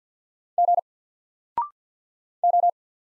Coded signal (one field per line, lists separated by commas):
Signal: Morse code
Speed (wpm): 48 wpm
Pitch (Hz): 700 Hz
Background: none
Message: G O